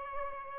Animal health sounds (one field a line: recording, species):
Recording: mosquito wingbeat signal from an infrared sensor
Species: Aedes albopictus